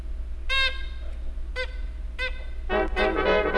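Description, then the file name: Bird calls: three short, nasal, harmonic notes, then a busier burst of overlapping chattering sounds over a steady low hum. Dated 11 8 08. "bird 11 8 08 Ciribini"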